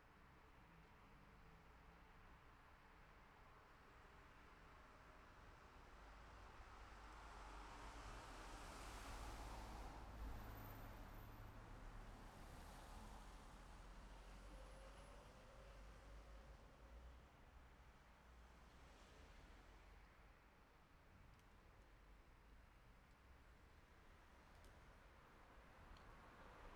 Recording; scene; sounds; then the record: everyday scene through a hearing-aid microphone; in traffic; traffic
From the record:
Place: city secondary road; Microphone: behind the ear, left, rear